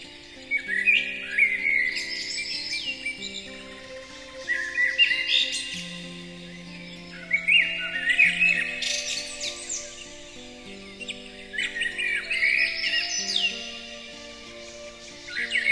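Bird twittering comes in several busy bursts of rapid, sweeping chirps, separated by quieter gaps, with steady low droning tones underneath.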